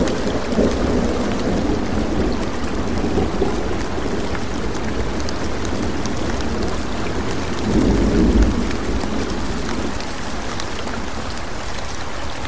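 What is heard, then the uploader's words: Rain falls in a steady, dense hiss over a forest, with a faint low rumble of thunder underneath. A swell of deeper rumble rises around the eighth second and fades. Scattered drops tick brightly across the whole clip. Rain and Thunder in Mystical Forest with Gentle Stream.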